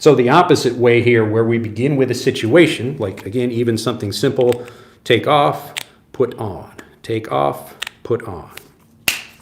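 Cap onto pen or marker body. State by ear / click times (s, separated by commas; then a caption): seated / 9.1 s. A cap is pushed onto a pen or marker body and seats with one sharp, bright snap at 9.1 s. Before that, someone talks for most of the clip in a small indoor space.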